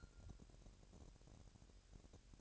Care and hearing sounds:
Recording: daily activity, microphone in the room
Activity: take from stove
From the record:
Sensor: 2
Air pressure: 1011.9 hPa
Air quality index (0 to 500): 195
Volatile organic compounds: 3 ppm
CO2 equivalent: 1382 ppm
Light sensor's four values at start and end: 75/178/74/72 and 75/178/74/72

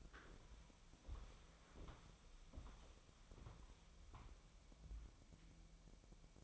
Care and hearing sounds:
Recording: daily activity, microphone in the room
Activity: walk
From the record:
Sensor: 1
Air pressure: 1015.4 hPa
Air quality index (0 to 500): 128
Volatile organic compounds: 5 ppm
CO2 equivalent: 1751 ppm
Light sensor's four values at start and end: 14/33/14/15 and 13/30/12/14

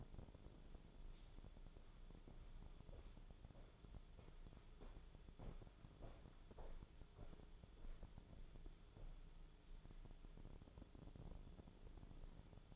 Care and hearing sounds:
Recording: daily activity, microphone in the room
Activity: walk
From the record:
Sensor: 5

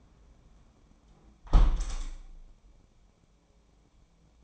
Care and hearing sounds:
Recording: daily activity, microphone in the room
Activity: close window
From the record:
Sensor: 1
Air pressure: 1012.4 hPa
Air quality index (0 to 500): 168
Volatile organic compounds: 3 ppm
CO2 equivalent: 1371 ppm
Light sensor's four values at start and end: 148/333/146/154 and 149/335/148/155

